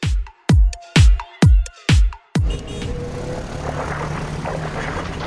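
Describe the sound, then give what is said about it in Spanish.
A car drives through a puddle, soaking a person: six quick, evenly spaced rumbling bursts give way to a loud, steady hissing rush of spray that holds to the end. No one speaks. “Ese coche que pasó sobre el charco me mojó.”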